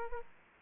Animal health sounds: mosquito wingbeat signal from an infrared sensor; Aedes aegypti

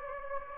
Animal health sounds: mosquito wingbeat signal from an infrared sensor; Anopheles gambiae

